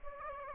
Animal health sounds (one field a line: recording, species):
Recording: mosquito wingbeat signal from an infrared sensor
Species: Aedes aegypti